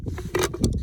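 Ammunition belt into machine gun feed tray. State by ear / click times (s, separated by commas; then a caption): seated / 0.6 s. An ammunition belt is fed across the feed tray of a Browning machine gun, with short scraping and tapping transients near 0.2, 0.35 and 0.5 seconds. It stops with a sharp click at 0.6 seconds, and the belt is seated in the feed tray.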